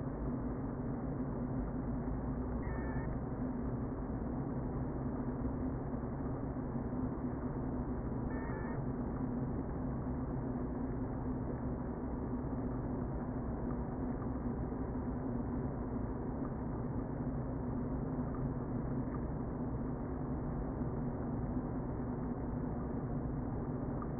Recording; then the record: honeybee colony, microphone inside the hive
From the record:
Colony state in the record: queen present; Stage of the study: before two queens were removed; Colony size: about 60,000 bees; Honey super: yes